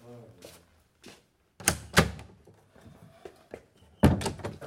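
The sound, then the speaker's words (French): A drawer in an office slides and shuts with a couple of sharp wooden thumps as a captain puts printed reports away in it, followed by another loud bang, while a voice speaks briefly at the start. “Le capitaine Férec imprime les rapports et les range dans un tiroir”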